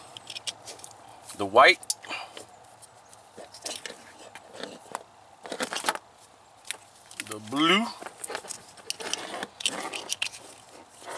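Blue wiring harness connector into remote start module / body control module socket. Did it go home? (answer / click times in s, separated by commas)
no / none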